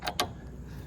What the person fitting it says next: and then it locks into place.